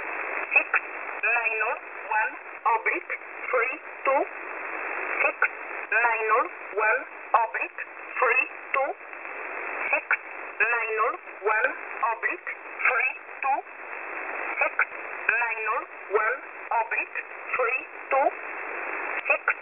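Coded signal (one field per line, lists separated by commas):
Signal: numbers station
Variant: E11a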